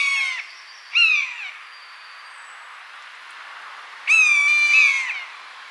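Buzzard giving short downslurred mews, a quiet gap, then a longer mew ending in a fall.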